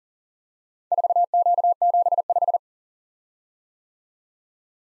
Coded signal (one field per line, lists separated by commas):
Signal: Morse code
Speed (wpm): 42 wpm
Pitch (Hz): 700 Hz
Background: none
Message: 4Q75